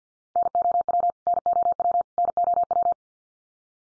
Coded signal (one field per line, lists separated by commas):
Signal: Morse code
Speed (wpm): 50 wpm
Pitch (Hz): 700 Hz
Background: none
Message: NOW NOW NOW